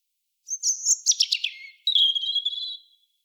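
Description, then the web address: European robin song phrase: a high wavering whistle, a quick cascade of descending notes, then a sustained thin whistled note trailing away. "SETE Erithacus rubecula"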